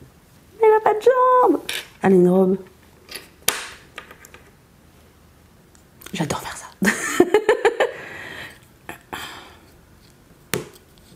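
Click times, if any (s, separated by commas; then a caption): 10.5 s. Someone talks and laughs while pressing the plastic legs of a Playmobil toy figure into the figure's body during assembly, with scattered handling taps and rustles. A sharp click sounds at 10.5 s as the legs seat into the body, confirmed as clicked into place.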